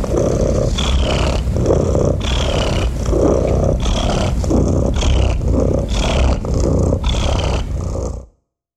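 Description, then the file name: Domestic cat purr, a deep vibrating drone in rhythmic breath cycles, stopping abruptly near the end into silence. "SOUNDS FX MASTER - The Sound of a Cat Purring"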